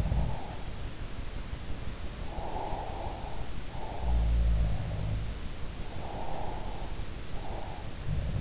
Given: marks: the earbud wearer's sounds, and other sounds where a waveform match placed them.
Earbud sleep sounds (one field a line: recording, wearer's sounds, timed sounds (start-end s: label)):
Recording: sounds in sleep by an in-ear microphone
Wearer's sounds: breath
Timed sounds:
0.00-0.46 s: sound from someone else or the room
2.26-3.97 s: breath
3.97-5.44 s: sound from someone else or the room
5.96-7.95 s: breath